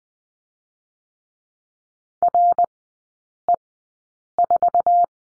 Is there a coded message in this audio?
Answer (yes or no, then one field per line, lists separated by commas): yes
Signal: Morse code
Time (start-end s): 2.2-5.0 s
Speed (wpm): 20 wpm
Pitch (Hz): 700 Hz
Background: none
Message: RE4